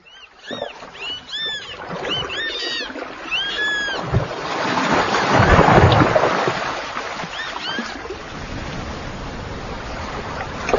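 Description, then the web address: Bird calls: a quick series of arched, whistled notes repeated rapidly at first, then fading under a strong rushing noise like wind or water. "animali uccelli uccelli birds"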